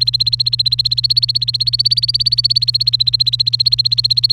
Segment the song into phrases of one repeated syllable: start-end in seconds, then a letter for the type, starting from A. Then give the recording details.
0.00-4.32 A. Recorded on 29 April 2018 at 10:24. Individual llb3